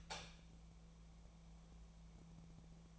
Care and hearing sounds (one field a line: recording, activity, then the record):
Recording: daily activity, microphone in the room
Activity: light on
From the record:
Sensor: 1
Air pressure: 1000.0 hPa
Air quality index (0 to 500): 128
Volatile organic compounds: 2 ppm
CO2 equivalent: 1210 ppm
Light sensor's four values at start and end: 39/98/41/51 and 42/113/46/56